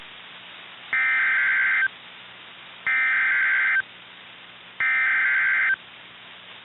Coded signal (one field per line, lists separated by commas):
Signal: Emergency Alert System (SAME) tones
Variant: header bursts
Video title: Tornado warning￼ (eas #9